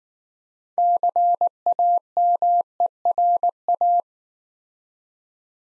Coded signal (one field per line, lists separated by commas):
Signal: Morse code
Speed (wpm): 19 wpm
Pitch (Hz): 700 Hz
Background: none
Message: CAMERA